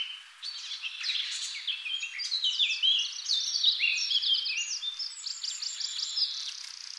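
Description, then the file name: Eurasian blackcap song: a rapid, jumbled warble of high twittering and chattering notes, sustained without pause, some phrases brighter and more whistled. "Sylvia atricapilla"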